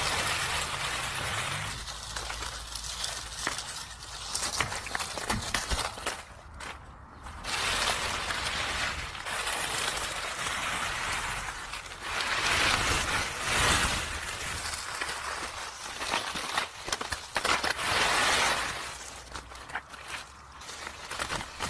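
Footsteps crunch through dry fallen leaves in a crackling rustle that runs almost without pause. The crunching swells and eases in uneven waves, with brief lulls around seven and eleven seconds, while a low outdoor rumble sits faintly underneath.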